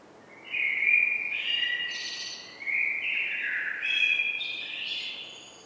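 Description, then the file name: Common blackbird singing two mellow, fluty warbled phrases in quick succession, each sliding into a thinner, higher squeaky twitter at the end; faint background hiss. "Turdus merula"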